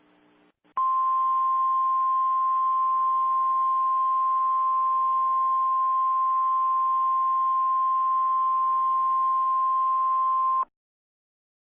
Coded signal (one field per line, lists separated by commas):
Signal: Emergency Alert System (SAME) tones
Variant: 1050 Hz attention tone